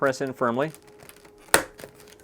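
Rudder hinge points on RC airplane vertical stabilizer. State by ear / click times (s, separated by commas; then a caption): seated / 1.5 s. Someone talks, then the plastic rudder hinge halves of a Hitec Extra 300S P2GO Weekender RC airplane are pressed firmly onto the vertical stabilizer. A single loud, sharp snap at 1.5 s marks the hinge seating, followed by a few faint ticks.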